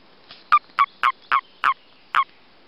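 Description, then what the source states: Common toad mating calls: six short, harsh, harmonic croaks given in a loose series over under three seconds, with quiet background between them. Breeding season.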